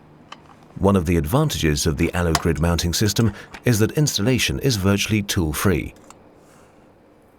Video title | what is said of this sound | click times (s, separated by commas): PHOTOVOLTAIC SYSTEMS IN THE LOW-VOLTAGE GRID | the fastening clamps onto which the modules will be fitted are simply snapped into place on the Bas rails | 0.3 s